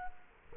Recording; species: mosquito wingbeat signal from an infrared sensor; Culex quinquefasciatus